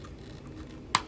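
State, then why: Seated. A plastic tab on a transforming toy robot is lined up under a part and pushed into the back of the arm. A quiet low rumble gives way to a single sharp, bright click at 0.9 s. The tab snaps into place and is confirmed seated.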